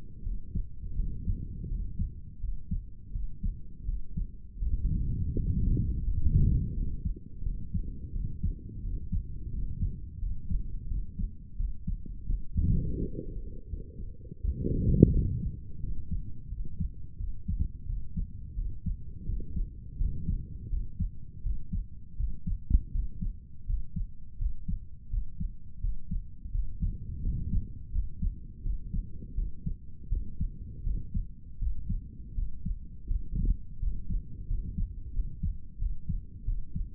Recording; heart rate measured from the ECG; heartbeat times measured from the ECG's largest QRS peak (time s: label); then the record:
heart sounds by stethoscope; 84 bpm
0.23 s: heartbeat
0.95 s: heartbeat
1.68 s: heartbeat
2.40 s: heartbeat
3.12 s: heartbeat
3.85 s: heartbeat
4.59 s: heartbeat
5.32 s: heartbeat
6.03 s: heartbeat
6.74 s: heartbeat
7.43 s: heartbeat
8.12 s: heartbeat
8.82 s: heartbeat
9.50 s: heartbeat
10.19 s: heartbeat
10.88 s: heartbeat
11.56 s: heartbeat
12.26 s: heartbeat
12.98 s: heartbeat
13.69 s: heartbeat
14.40 s: heartbeat
15.11 s: heartbeat
15.80 s: heartbeat
16.49 s: heartbeat
17.17 s: heartbeat
17.86 s: heartbeat
18.55 s: heartbeat
19.25 s: heartbeat
19.97 s: heartbeat
20.69 s: heartbeat
21.42 s: heartbeat
22.16 s: heartbeat
22.91 s: heartbeat
23.65 s: heartbeat
24.37 s: heartbeat
25.09 s: heartbeat
25.80 s: heartbeat
26.51 s: heartbeat
27.22 s: heartbeat
27.91 s: heartbeat
28.62 s: heartbeat
29.34 s: heartbeat
30.09 s: heartbeat
30.83 s: heartbeat
31.58 s: heartbeat
32.34 s: heartbeat
33.07 s: heartbeat
33.79 s: heartbeat
34.47 s: heartbeat
35.13 s: heartbeat
35.79 s: heartbeat
36.45 s: heartbeat
From the record:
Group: healthy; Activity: cold pressor test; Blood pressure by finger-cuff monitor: 114/77 mmHg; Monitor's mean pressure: 85 mmHg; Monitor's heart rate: 85 bpm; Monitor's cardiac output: 6.6 L/min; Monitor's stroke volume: 78 mL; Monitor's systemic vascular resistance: 930 dyn s/cm5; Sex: male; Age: 35 years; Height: 180 cm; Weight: 86.9 kg